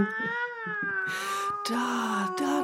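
A cat gives one long, drawn-out meow that holds a steady, slightly wavering pitch, broken up by short bursts of hissy, scratchy noise.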